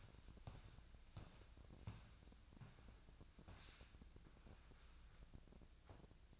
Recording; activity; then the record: daily activity, microphone in the room; walk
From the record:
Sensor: 2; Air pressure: 1012.1 hPa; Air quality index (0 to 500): 170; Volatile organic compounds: 2 ppm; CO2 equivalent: 1243 ppm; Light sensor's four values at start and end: 48/113/51/60 and 41/111/46/52